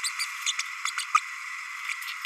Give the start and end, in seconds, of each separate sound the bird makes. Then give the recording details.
0.03-0.10, 0.19-0.25, 0.46-0.52, 0.58-0.62, 0.85-0.91, 0.97-1.02, 1.14-1.20. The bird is a male. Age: 30 days. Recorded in a nest box in Venezuela. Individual 17B32A6